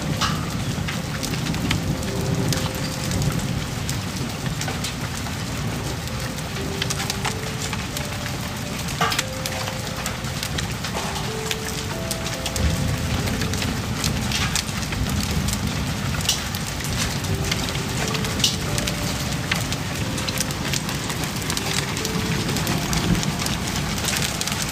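Real rain falls steadily and densely throughout, with sharp drop clicks and patters scattered across the whole clip. A low rumble sits underneath the whole time, and short mid-pitched tones come and go every few seconds in the background.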